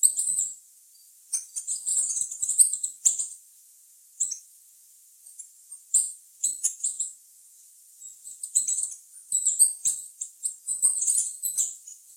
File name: canto da saira ouro